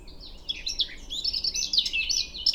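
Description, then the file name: Eurasian blackcap song: a fast, continuous, rich warble of scratchy and clear notes running the whole time, mostly high-pitched, with faint low background hum. "Sylvia atricapilla"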